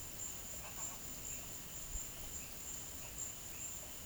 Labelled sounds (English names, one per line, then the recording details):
none
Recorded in pastures near Puerto Asís, Putumayo, Colombia, on 23 June 2025 at 13:00
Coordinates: 0.472, -76.331
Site G095